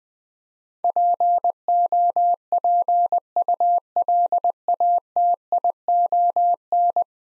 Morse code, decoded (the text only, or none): POPULATION